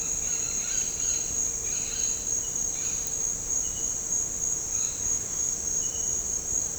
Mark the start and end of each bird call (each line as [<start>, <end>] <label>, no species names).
[0.00, 3.08] bird call
[4.71, 5.08] bird call